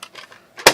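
After loading, a magazine loader's lid is lifted slightly and wrapped back down so its latch closes onto the loader body. Faint light ticks and rustles come first, then a loud, sharp click at 0.7 s as the lid snaps closed and seats.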